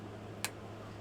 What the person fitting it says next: Nice little click when it closes.